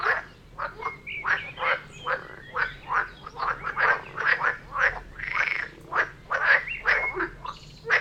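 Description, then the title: Frogs croaking in a dense chorus, short rasping calls overlapping rapidly, constant and busy throughout. Frog chorus recorded near Vellerner Brook in Neubeckum at 2pm; binaural recording meant for headphones. "Frog concert near Vellerner Brook in Neubeckum - 2pm - binaural version"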